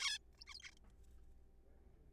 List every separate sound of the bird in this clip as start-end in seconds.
0.01-0.18, 0.39-0.43, 0.47-0.59, 0.60-0.61, 0.63-0.71, 0.72-0.74